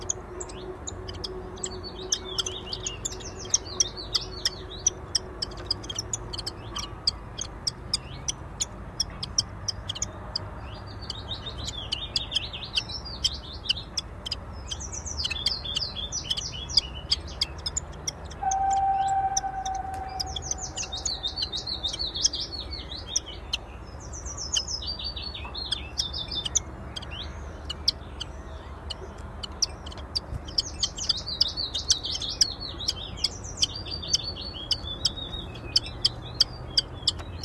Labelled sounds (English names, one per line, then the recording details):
Common Chiffchaff
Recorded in captivity
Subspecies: collybita
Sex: diverse
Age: diverse
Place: Volierenanlage, Zoologisches Institut Universität Tübingen, Baden-Württemberg, DE
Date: 1967-05-28
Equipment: Nagra III PH, MD 421, LGS26
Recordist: Schneider, Hans-Joachim